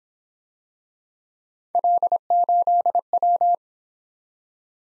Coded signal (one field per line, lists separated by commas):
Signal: Morse code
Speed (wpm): 27 wpm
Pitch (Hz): 700 Hz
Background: none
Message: L8W